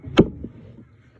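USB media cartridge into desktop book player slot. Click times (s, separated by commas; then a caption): 0.2 s. A USB media cartridge is pushed into the slot of a Book Port desktop talking digital book player and locked into place. A sharp click at 0.2 s marks it locking in, followed by a faint tap at 0.4 s over a low background hum. The cartridge is seated and locked.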